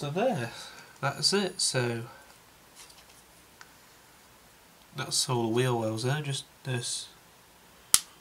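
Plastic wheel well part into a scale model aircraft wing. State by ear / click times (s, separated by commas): seated / 7.9 s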